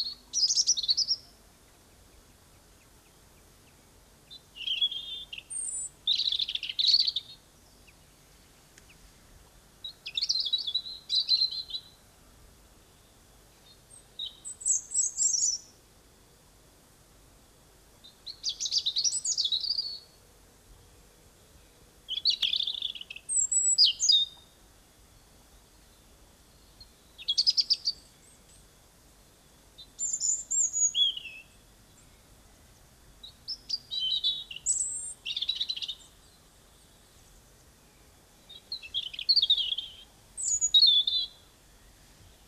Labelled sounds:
European Robin (Erithacus rubecula) song

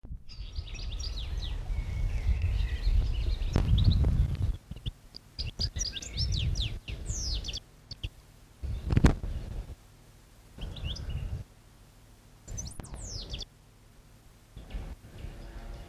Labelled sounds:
European Goldfinch (Carduelis carduelis) song

